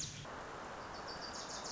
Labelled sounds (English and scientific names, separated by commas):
Wilson's Warbler (Cardellina pusilla)